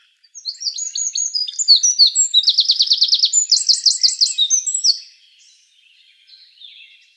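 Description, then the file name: Eurasian wren song, a loud rapid outpouring of high notes with a fast trill in the middle, lasting about four and a half seconds, then faint quiet twittering afterward. "Troglodytes troglodytes"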